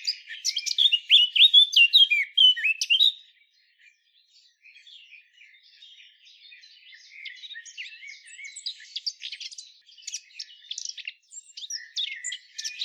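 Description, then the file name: Eurasian blackcap song: three seconds of loud, varied fluty warbling, then a long, quiet stretch of fast, scratchy twittering that grows a little louder near the end. "Sylvia atricapilla"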